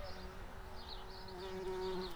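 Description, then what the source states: Tree bumblebee buzzing, a steady droning hum with a low fundamental and harmonics over faint background noise. Queens.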